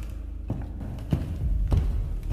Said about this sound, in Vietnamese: Nó bắt đầu đi tìm kiếm xung quanh. Tiếng bước chân nó bước lộp cộp qua những cái sàn gỗ.